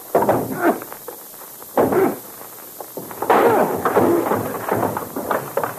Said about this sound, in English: Now listen, we'll knock once. The door isn't open. We'll kick it in.